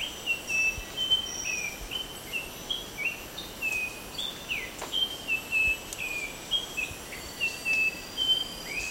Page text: Sound of White-throated Babbler at Sungai Wain by BOORSMA, Tjalle - Borneo Bird Images